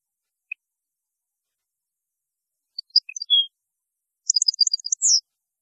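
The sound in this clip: European goldfinch song, a few scattered high notes then a brief rapid twittering burst ending in a slurred, falling note.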